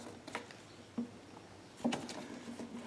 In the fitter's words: And it snaps right into those retainers in the original stock position.